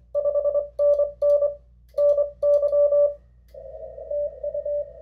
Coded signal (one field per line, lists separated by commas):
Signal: Morse code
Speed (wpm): 22 wpm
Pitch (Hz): 580 Hz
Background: none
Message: 5NN NY TU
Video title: CW etiquette for Special Event Stations and DX